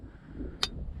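A night latch on a steel cable restraint (snare) loop is set while the restraint is being set up, over a low, steady background rumble. A single sharp metallic click at 0.6 s shows the latch seating into place.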